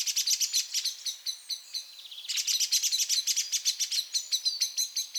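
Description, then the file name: Eurasian blackbird uttering quick series of sharp ticks and high squeaky notes, pausing briefly before a denser run of clicks. "Turdus merula"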